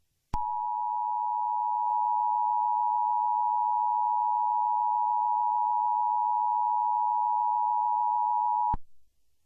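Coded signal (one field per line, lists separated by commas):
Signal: Emergency Alert System (SAME) tones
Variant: 853 and 960 Hz attention tone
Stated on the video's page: Fictional EAS scenario.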